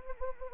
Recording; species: mosquito wingbeat signal from an infrared sensor; Anopheles arabiensis